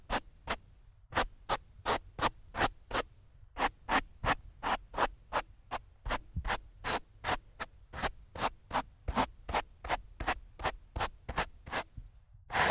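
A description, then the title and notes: Rough scratching and brushing on a microphone, in short, harsh strokes repeating about two or three times a second at a fairly steady pace. Each stroke is loud and gritty, and a low, muffled rumble runs underneath between the strokes. ASMR Rough Mic Scratching & Brushing (No Talking).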